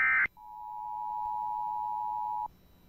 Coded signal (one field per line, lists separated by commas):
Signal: Emergency Alert System (SAME) tones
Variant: 853 and 960 Hz attention tone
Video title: Tests, Weather Alerts & More! (EAS 329-350) 9/20/2021 & 9/21/2021